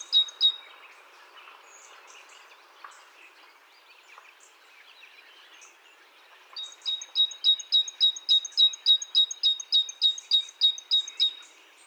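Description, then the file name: Great tit with a short burst of sharp notes, a quiet stretch with faint background birds, then a long rapid series of about seventeen ringing high calls. "Parus major"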